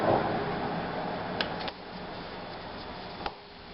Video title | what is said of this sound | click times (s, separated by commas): Rolex Submariner polish and reassemble bezel spring by froggy | There, did you hear it snap? | 3.3 s